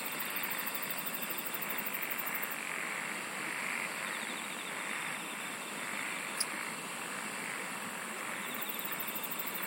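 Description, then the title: Shrill insects sing nonstop, with fast pulsed trills at the start and end and one short click past the middle. "SINGING OF INSECTS"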